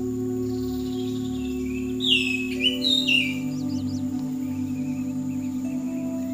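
Bird song: a short burst of bright, sliding chirps around two seconds in, then softer twittering notes, over a steady low humming drone.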